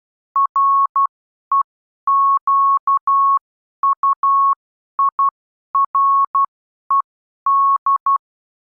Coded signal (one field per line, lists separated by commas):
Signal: Morse code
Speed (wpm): 12 wpm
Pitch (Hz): 1100 Hz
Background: none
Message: REQUIRED